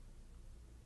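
A 4G cellular radio board is being handled into a device housing after the yellow tab is pulled, as part of upgrading a 3G unit to 4G. Only a steady, quiet low-frequency hum and faint broadband noise are heard, with no distinct impacts. Nothing has seated or clicked yet.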